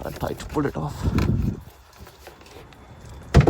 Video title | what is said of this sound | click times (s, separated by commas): How to open broken bonnet lock in Volkswagen Golf MK7.5, Easy trick- Emergency Repair ✅🔥 | See, you can hear the click. So the bonnet is open now. | 3.4 s